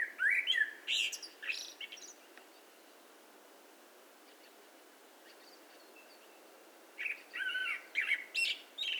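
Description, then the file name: Common blackbird song: a rich warbled phrase with mellow whistles and high scratchy notes, a long pause, then another similar phrase. "Turdus merula"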